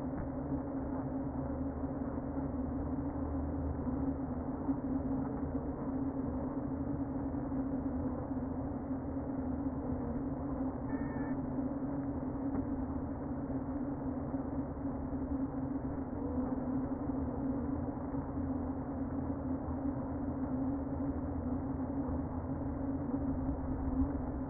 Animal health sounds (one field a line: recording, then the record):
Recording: honeybee colony, microphone inside the hive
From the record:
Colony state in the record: queen present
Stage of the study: before two queens were removed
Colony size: about 60,000 bees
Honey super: yes